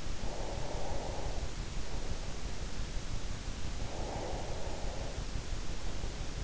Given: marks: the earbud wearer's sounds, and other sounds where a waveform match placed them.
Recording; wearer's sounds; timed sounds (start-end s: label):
sounds in sleep by an in-ear microphone; breath
0.11-2.67 s: breath
3.63-6.33 s: breath